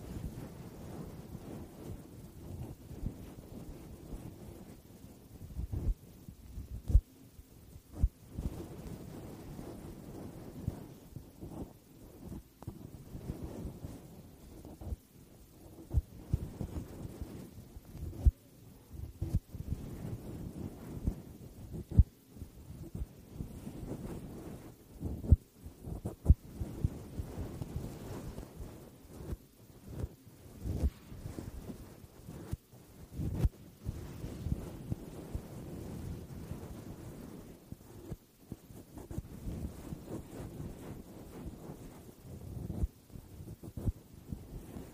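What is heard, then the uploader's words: Scratching and brushing against a foam mic cover, a dense, muffled rubbing that stays mostly low and dull. The strokes come in irregular bursts with brief gaps, and sharper scrapes and thumps spike out every few seconds throughout. No voices are heard. ASMR THE ULTIMATE MIC TRIGGER TEST on NEW Blue Yeti Pro (mic brushing, mic scratching, no talking). Mic Scratching on Foam Mic Cover.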